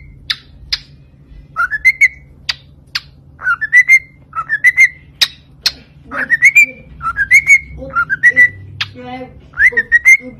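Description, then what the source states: Cockatiel whistles in repeated rising phrases over roughly ten seconds, punctuated by sharp tapping clicks and a faint background hum. Several cockatiels singing and whistling.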